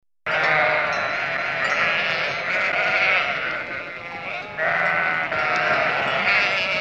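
Sheep flock bleating continuously, several animals calling over one another in a steady dense chorus with a brief dip midway.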